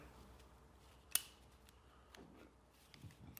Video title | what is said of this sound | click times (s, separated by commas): Manual Transmission | so when you're done with that gear you simply move the shift collar back and you'll hear everything snap back into place | 1.1 s